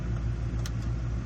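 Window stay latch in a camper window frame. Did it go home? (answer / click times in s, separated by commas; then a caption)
yes / 0.7 s. Someone presses the release buttons on a camper window and gently pushes it open to let a wasp out, over a steady low engine-like hum. The window stay latch in the camper window frame clicks at 0.7 s, and the window stay catches and holds in the open position.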